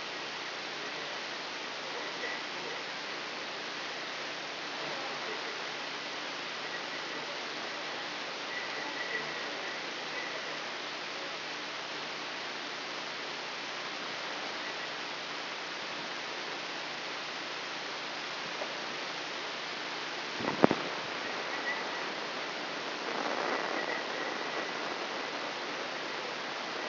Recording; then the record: brain microelectrode recording played as sound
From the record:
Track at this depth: inside the subthalamic nucleus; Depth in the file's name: 3.508 mm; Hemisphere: left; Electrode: 3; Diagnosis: Parkinson's disease